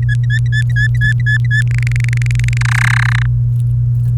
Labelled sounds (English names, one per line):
Domestic Canary song